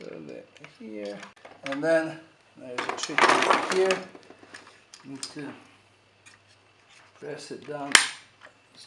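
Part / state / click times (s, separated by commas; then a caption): CPU heatsink and fan assembly onto the processor socket retention bracket / partly seated / 8.4 s. A CPU heatsink and fan assembly is pressed down onto the processor socket's retention bracket while someone talks, and its retention clip gives a sharp click at 8.4 s. The clip has caught, but the cooler still moves and is not pressed firmly enough to conduct heat.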